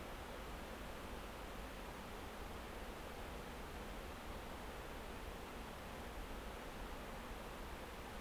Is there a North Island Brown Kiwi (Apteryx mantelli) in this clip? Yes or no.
no